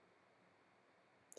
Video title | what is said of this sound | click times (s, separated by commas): How To Install Recessed Lighting | snaps in place then we take our new light fixture put it up in the ceiling | 1.3 s